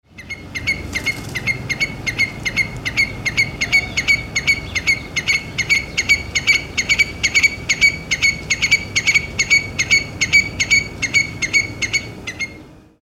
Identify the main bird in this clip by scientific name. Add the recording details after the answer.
Burhinus oedicnemus. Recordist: Tembrock, Günter. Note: Lautfolgen